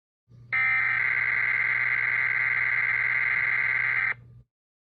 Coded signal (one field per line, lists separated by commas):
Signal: Emergency Alert System (SAME) tones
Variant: header bursts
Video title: EAS Mock - Happy New Year!